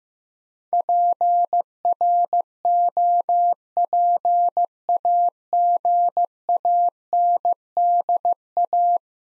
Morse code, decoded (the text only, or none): PROPAGANDA